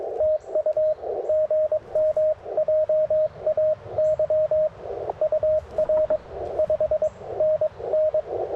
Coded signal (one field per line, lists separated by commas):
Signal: Morse code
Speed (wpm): 19 wpm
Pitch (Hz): 590 Hz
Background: radio noise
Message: TU GM JAY UR 5NN